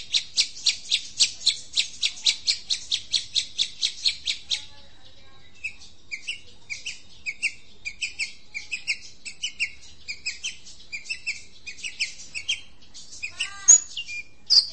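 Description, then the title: Long-tailed shrike song: a quick series of scratchy high notes for several seconds, then scattered varied chirps and short twitters with gaps between. Champion singing bird. "Kicau Burung Cendet Juara"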